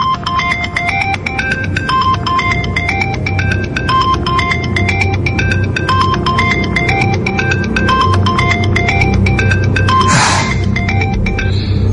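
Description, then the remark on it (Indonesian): A mobile phone ringtone sounds at night inside a car being driven fast on an empty road: a bright, repeating electronic melody of short beeping notes at a steady rhythm over a constant low rumble, with a brief hiss of noise near the end. “Hingga tiba-tiba handphoneku berbunyi lagi.”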